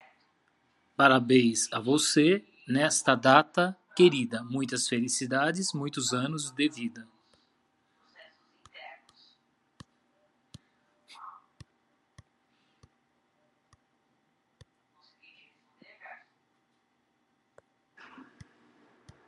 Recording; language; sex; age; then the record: short text; Brazilian Portuguese; male; 50 to 59 years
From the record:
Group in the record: control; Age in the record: 52 years